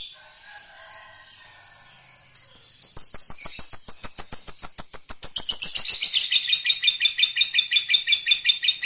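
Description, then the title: Lovebird calls, spaced high chirps building into a rapid, continuous, scratchy chatter that grows louder. "Suara Lovebird"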